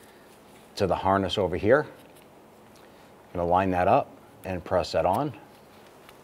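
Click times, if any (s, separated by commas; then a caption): none. Someone talks while lining up the new downstream oxygen sensor's pigtail plug with the engine wiring harness connector on a 2005-2010 Chrysler 300, ready to press the plastic connector on. Nothing has seated or clicked yet.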